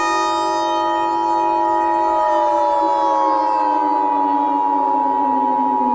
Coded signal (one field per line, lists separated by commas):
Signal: Emergency Alert System (SAME) tones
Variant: 853 and 960 Hz attention tone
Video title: Exodus (EAS Scenario)